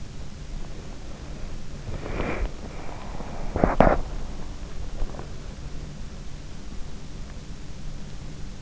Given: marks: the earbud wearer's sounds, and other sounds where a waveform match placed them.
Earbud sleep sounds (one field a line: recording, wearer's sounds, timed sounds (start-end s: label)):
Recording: sounds in sleep by an in-ear microphone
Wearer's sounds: body movement, breath, teeth grinding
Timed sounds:
0.62-5.49 s: body movement
1.76-4.16 s: breath
3.36-4.16 s: teeth grinding